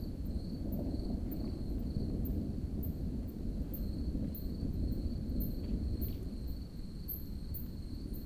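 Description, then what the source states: Crickets trilling, a continuous high pulsed tone, heard over a dense low rumble, with brief sharp high ticks scattered throughout. Garden of a small village in Nedde, France; thunderstorm approaching; Zoom H5 with HYH-5 stereo mic.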